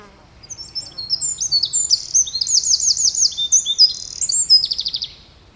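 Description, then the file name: Eurasian wren song: high, fast, ringing phrases building into rapid trills, with a dry rattle near the end before it stops. "Troglodytes troglodytes"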